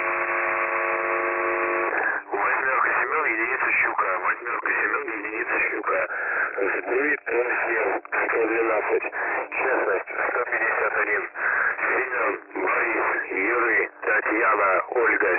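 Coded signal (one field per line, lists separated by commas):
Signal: coded military voice message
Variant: The Pip (S30), Russian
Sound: male voice reading a message over narrow-band radio, after a brief steady tone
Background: radio static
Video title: The Pip voice message (December 21, 2020 07:42 UTC)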